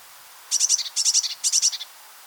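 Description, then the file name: Eurasian blue tit calls, three quick groups of sharp, high-pitched notes, each ending on slightly lower tones. "Cyanistes caeruleus"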